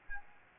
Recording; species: mosquito wingbeat signal from an infrared sensor; Aedes albopictus